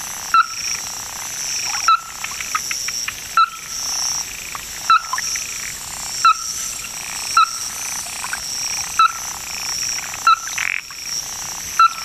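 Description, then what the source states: Ruddy-breasted Crake call: single short knocking notes repeated irregularly every second or two, with softer chirping and a steady high hiss in the background. Described as a bird of Hokkaido, Japan.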